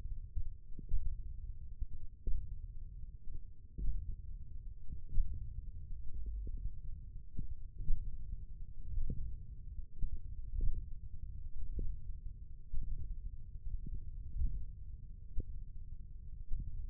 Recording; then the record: forearm muscle sounds (acoustic myography)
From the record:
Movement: thumb flexion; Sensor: system 1, eight BSWA MPA416 microphones around the upper forearm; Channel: 4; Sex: male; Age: 20 years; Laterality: left